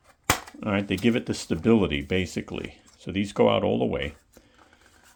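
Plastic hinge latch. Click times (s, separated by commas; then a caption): 0.3 s. A folding tripod leg on the stand of a Tevole CC1 3-in-1 camping light is pulled outward and snaps into its locked open position with a single sharp snap at 0.3 s. Someone talks afterward, with a faint tick near the end.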